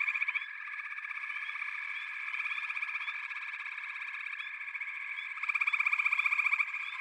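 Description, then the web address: Frog chorus of dense, overlapping pulsed trills, steady throughout with a louder, faster burst near the end. A chorus of frogs calling together. "The Natural Sounds of the Wilderness. Echoes of Nature - Frog Chorus"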